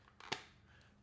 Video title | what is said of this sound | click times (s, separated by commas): DON'T MISS This VEGAN LEATHER Case! - Benks Vintage Leather for iPhone 15 Pro Max | pretty decent click into the phone case about the same as most other leather cases it's not plastic or polycarbonate or anything so it's not going to have that nice click onto there | 0.3 s